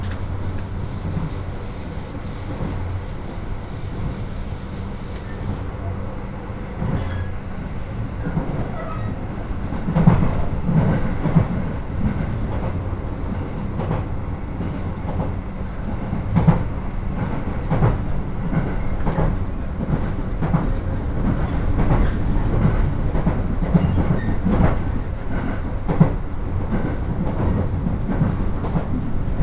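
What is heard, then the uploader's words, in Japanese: Interior of a Senseki-Tohoku Line rapid HB-E210 hybrid diesel train running from Ishinomaki toward Takagimachi. A steady low rumble of the running train carries throughout, with frequent rhythmic clicks and knocks of wheels over rail joints, growing busier and louder after about ten seconds. 仙石東北ライン快速 石巻→高城町。帰りは仙石東北ラインの快速に乗ります。ハイブリッド気動車HB-E210系。４両編成。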